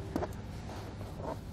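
A WeatherTech thermoplastic front floor liner is handled in a 2017 Ford F-250 Super Duty pickup truck, ready to be pushed down onto the factory floor-mat hold-down posts so it locks into place. A single short, sharp knock sounds at 0.2 s over low handling rumble, with faint rustling around 1.3 s. Nothing has seated or clicked yet.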